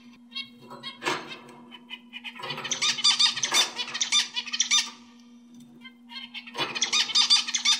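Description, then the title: Oriental magpie-robin song: loud bursts of varied harsh, chattering notes separated by pauses, over a steady low hum. "Kicau Kacer"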